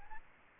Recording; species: mosquito wingbeat signal from an infrared sensor; Aedes albopictus